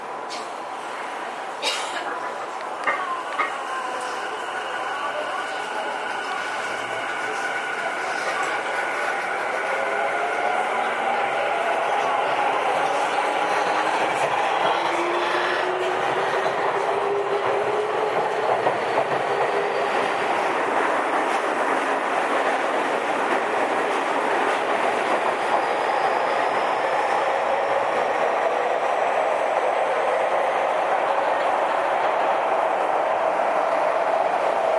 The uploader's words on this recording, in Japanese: 東急5050系4000番台 元町・中華街ー渋谷。東急東横線、みなとみらい線で録音をしました。東急5050系 元町•中華街-渋谷。